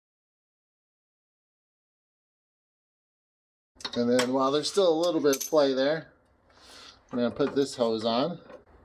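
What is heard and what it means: A fuel hose quick connector is handled at the outlet of the fuel filter on a 2008–2009 Ford Focus, about to be pushed on past the lip. After about 3.8 seconds of silence, someone talks, with a short, faint rustle near 6.5 seconds. Nothing has clicked or seated yet when the clip ends.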